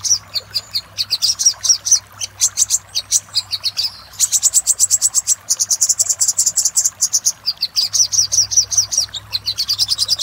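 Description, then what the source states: Little spiderhunter song of fast, high-pitched repeated chips, some runs slightly rising, delivered almost continuously with brief breaks; faint low hum underneath. Master recording for training cage birds.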